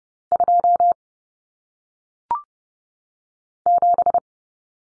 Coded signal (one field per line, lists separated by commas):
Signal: Morse code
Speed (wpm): 30 wpm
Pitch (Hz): 700 Hz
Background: none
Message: 27